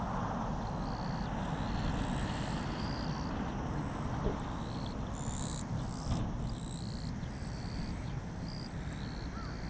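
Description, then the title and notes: Japanese bush cricket song: a chorus of bright, buzzy chirps repeating in irregular bursts above a strong, steady low-frequency rumble. Calling to one another actively in blazing daytime heat, 5 August 2020, Kariwa, Niigata, Japan; same spot as a night recording; Zoom H6 with Sennheiser MKH8020 microphone. "炎天下のキリギリス. 新潟県刈羽村"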